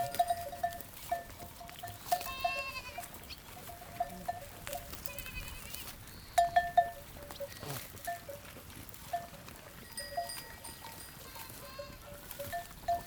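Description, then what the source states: Goats bleating, with several short harmonic calls. Goats grazing.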